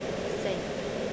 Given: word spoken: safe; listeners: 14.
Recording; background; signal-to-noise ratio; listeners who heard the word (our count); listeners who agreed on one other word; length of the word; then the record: one English word in noise, from a listening test; speech-shaped noise; -5.9 dB; 3 of 14; 7 of 14; 0.73 s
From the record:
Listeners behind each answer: 7, 3, 1, 1, 1, 1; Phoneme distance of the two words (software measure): 17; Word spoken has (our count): 1 syllable, 3 phonemes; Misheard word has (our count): 1 syllable, 4 phonemes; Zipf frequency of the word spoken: 5.10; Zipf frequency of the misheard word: 4.07